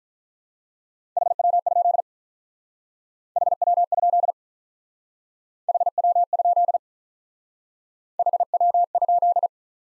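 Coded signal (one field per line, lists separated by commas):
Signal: Morse code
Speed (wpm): 44 wpm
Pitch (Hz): 700 Hz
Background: none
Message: HW? HW? HW? HW?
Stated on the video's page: Speed-Racing Morse practice of common QSO elements, starting at 35 wpm and slowing incrementally to a base speed; final repeat sent once at maximum speed.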